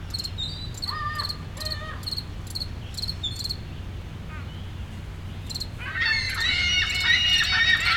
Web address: Nature in the City AMB PARK Solo Cricket, Seagulls, City Rumble, Montreal, Canada